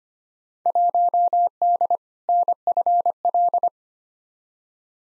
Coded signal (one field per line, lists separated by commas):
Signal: Morse code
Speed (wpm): 25 wpm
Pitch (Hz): 700 Hz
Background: none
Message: 1D NFL